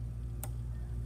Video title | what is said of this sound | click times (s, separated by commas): New at 2 | yep okay you always want to hear that little snap mhm | 0.4 s